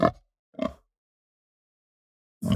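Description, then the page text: Hampshire pig giving three short, guttural grunts, each about a quarter second long, the first two close together and the third after a long silent gap. Hampshire breed; medium, guttural, fast grunt. "Hampshire Pig Grunt Medium Guttural Fast. Quick Sounds"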